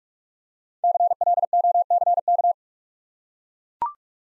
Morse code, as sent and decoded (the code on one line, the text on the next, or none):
-.-. .-.. --- -.-. -.-
CLOCK